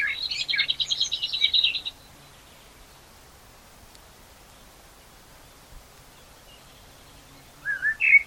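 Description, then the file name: Common blackbird giving a dense, scratchy high twitter for about two seconds, then a long quiet pause before a short whistled phrase at the end. "Turdus merula"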